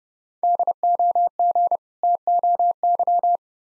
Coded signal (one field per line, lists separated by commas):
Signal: Morse code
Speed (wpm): 28 wpm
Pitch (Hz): 700 Hz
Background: none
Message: DOG TOY